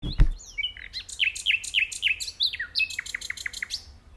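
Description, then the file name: Common nightingale song phrase of varied whistles and rapid repeated slurred notes, followed by a fast series of short sharp notes; a brief low thump at the start. "Luscinia megarhynchos"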